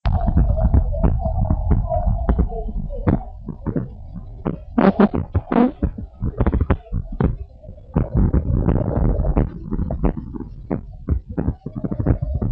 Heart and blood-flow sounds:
heart sounds of a pregnant woman by stethoscope
no fetal heartbeat
From the record:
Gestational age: 34 weeks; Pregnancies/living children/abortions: 4/1/2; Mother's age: 27 years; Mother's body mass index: 29.4

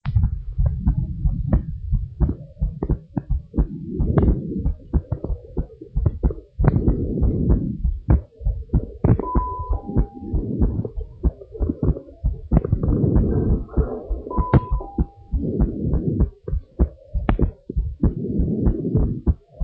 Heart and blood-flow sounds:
heart sounds of a pregnant woman by stethoscope
no fetal heartbeat
From the record:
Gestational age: 38 weeks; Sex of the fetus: girl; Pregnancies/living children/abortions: 2/1/0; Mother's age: 27 years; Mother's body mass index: 38.1

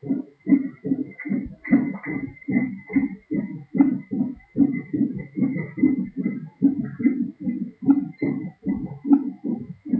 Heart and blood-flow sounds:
fetal heart sounds by stethoscope on the mother's abdomen
0.00-10.00 s: 150 bpm
From the record:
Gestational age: 40 weeks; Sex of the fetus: boy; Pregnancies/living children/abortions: 2/0/1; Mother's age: 23 years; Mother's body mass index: 29.7

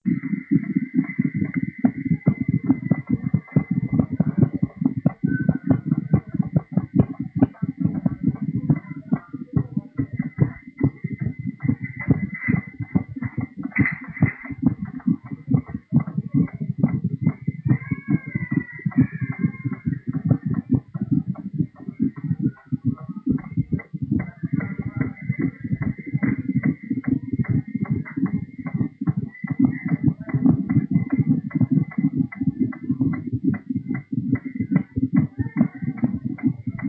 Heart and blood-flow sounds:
fetal heart sounds by stethoscope on the mother's abdomen
0.00-10.00 s: 142 bpm
10.00-20.00 s: 139 bpm
20.00-30.00 s: 144 bpm
30.00-36.89 s: 145 bpm
From the record:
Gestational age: 32 weeks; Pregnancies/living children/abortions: 4/3/0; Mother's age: 42 years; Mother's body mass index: 28.7

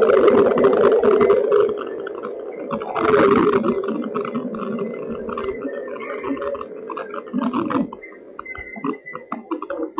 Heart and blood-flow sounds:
fetal heart sounds by stethoscope on the mother's abdomen
0.00-10.00 s: 133 bpm
From the record:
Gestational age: 37 weeks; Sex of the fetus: boy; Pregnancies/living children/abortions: 4/3/0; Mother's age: 40 years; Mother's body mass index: 28.6

